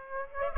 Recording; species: mosquito wingbeat signal from an infrared sensor; Aedes aegypti